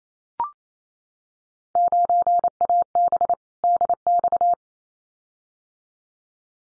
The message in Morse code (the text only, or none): 9AB DX